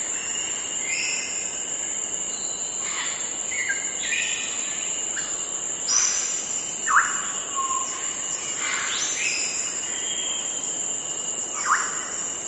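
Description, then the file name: Grey parrot whistles and short harsh calls, scattered notes rising and falling over a steady high hiss. "canto do papagaio cinzento"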